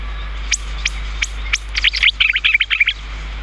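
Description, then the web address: Chestnut-cheeked starling chirps: several spaced sharp high notes, then a fast chattering string of squeaky chirps. "sikioto birds komukudori"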